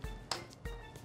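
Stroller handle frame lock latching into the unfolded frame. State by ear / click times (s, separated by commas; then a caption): seated / 0.3 s. The handle of a compact stroller is raised all the way up while it is unfolded, until the handle frame lock latches into the frame. A sharp, loud click at 0.3 s shows the lock engaging, with softer knocks before and after it and a steady background tone. The frame latch clicks and locks.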